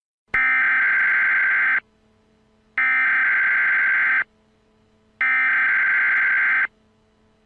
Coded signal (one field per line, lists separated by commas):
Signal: Emergency Alert System (SAME) tones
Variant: header bursts